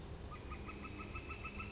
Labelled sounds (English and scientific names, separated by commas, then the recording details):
Northern Flicker (Colaptes auratus)
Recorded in Sonoma County, California